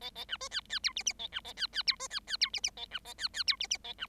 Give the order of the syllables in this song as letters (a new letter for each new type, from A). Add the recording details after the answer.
A A B C D D E F F A B A D D E C D D E F F A B A D D E F F A B. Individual Bird7